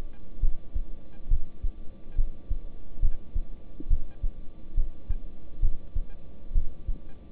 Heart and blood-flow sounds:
heart sounds by stethoscope; between the tricuspid and mitral areas; 69 bpm
0.41 s: heartbeat
1.29 s: heartbeat
2.16 s: heartbeat
3.00 s: heartbeat
3.88 s: heartbeat
4.75 s: heartbeat
5.60 s: heartbeat
6.53 s: heartbeat
From the record:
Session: rest, lying down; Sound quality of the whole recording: good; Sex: male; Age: 26 years

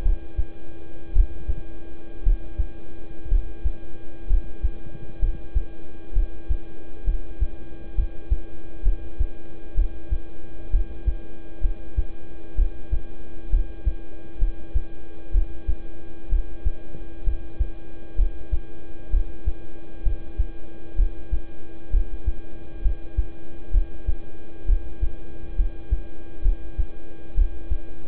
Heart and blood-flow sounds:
heart sounds by stethoscope; between the tricuspid and mitral areas; 64 bpm
0.02 s: heartbeat
1.13 s: heartbeat
2.23 s: heartbeat
3.28 s: heartbeat
4.27 s: heartbeat
5.19 s: heartbeat
6.13 s: heartbeat
7.04 s: heartbeat
7.95 s: heartbeat
8.83 s: heartbeat
9.75 s: heartbeat
10.70 s: heartbeat
11.61 s: heartbeat
12.55 s: heartbeat
13.50 s: heartbeat
14.38 s: heartbeat
15.31 s: heartbeat
16.29 s: heartbeat
17.24 s: heartbeat
18.16 s: heartbeat
19.10 s: heartbeat
20.03 s: heartbeat
20.95 s: heartbeat
21.90 s: heartbeat
22.82 s: heartbeat
23.71 s: heartbeat
24.65 s: heartbeat
25.56 s: heartbeat
26.42 s: heartbeat
27.34 s: heartbeat
From the record:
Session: rest, lying down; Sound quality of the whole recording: good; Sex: male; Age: 26 years

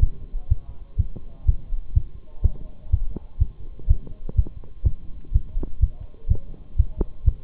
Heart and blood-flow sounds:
heart sounds by stethoscope; between the tricuspid and mitral areas; 124 bpm
0.02 s: heartbeat
0.50 s: heartbeat
0.99 s: heartbeat
1.48 s: heartbeat
1.96 s: heartbeat
2.44 s: heartbeat
2.92 s: heartbeat
3.40 s: heartbeat
3.89 s: heartbeat
4.38 s: heartbeat
4.86 s: heartbeat
5.34 s: heartbeat
5.82 s: heartbeat
6.30 s: heartbeat
6.78 s: heartbeat
7.26 s: heartbeat
From the record:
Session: Bruce protocol treadmill stress test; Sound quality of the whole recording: partially saturated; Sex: male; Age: 23 years

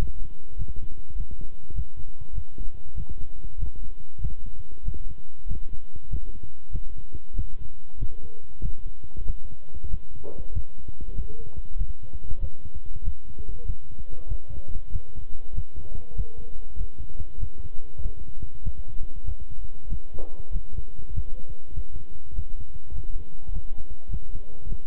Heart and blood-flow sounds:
heart sounds by stethoscope; between the tricuspid and mitral areas; 97 bpm
0.56 s: heartbeat
1.15 s: heartbeat
1.73 s: heartbeat
2.33 s: heartbeat
2.95 s: heartbeat
3.57 s: heartbeat
4.20 s: heartbeat
4.83 s: heartbeat
5.46 s: heartbeat
6.08 s: heartbeat
6.70 s: heartbeat
7.34 s: heartbeat
7.97 s: heartbeat
8.60 s: heartbeat
9.25 s: heartbeat
9.89 s: heartbeat
10.52 s: heartbeat
11.14 s: heartbeat
11.76 s: heartbeat
12.39 s: heartbeat
13.02 s: heartbeat
13.65 s: heartbeat
14.27 s: heartbeat
14.90 s: heartbeat
15.53 s: heartbeat
16.14 s: heartbeat
16.76 s: heartbeat
17.38 s: heartbeat
18.01 s: heartbeat
18.62 s: heartbeat
19.24 s: heartbeat
19.87 s: heartbeat
20.51 s: heartbeat
21.12 s: heartbeat
21.73 s: heartbeat
22.33 s: heartbeat
22.93 s: heartbeat
23.51 s: heartbeat
24.09 s: heartbeat
24.67 s: heartbeat
From the record:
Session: walking at 3.7 km/h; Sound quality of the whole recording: good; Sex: male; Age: 26 years

